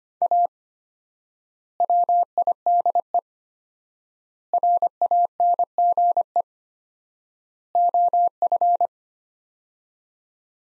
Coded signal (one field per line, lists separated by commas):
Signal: Morse code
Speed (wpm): 25 wpm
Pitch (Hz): 700 Hz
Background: none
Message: A WIDE RANGE OF